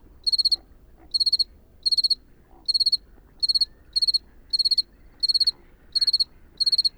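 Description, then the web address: Cricket producing crisp high pulsed chirps, each a quick burst of pulses, repeated over a low background rumble. At night in the Camargue; temperature below 10 degrees, the cricket finding it hard to sing in the cold. "camargue un grillon de nuit"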